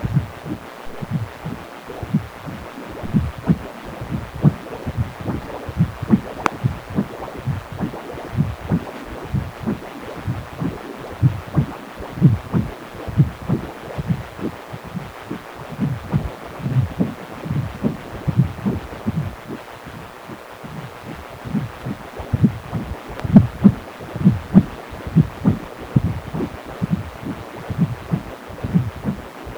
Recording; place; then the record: Doppler ultrasound of blood flow; precordium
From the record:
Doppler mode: continuous wave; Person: healthy adult, 18 to 50 years, no heart murmur, not diving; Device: 2.5 MHz transducer